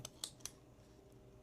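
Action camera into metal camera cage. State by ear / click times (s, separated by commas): seated / 0.2 s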